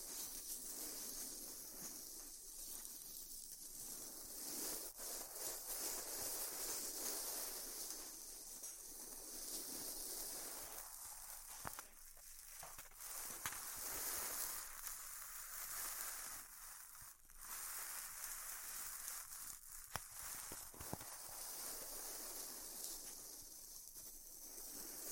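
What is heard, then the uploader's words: A hot wire cuts through styrofoam with a steady, dense hiss that stays bright and fills the upper range throughout. The sound swells and thins in uneven waves, with brief dips around the middle and a few sharp clicks near 12 and 20 seconds. ASMR Styrofoam Heat Cutting (No Talking).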